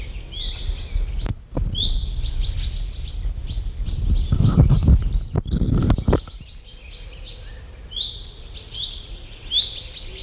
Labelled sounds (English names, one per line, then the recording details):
Common Chaffinch call
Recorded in the wild
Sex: group
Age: adult
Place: Feldberg - Koldenhof, Mecklenburgische Seenplatte, Mecklenburg, DE
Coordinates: 53.3294, 13.3136
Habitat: high beech forest
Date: 1976-07-03
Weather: 24°C
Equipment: Uher CR 210, Sennheiser MD 421 HL, Verstärker, Reflektor, Kopie Uher 4200
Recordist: Tembrock, Günter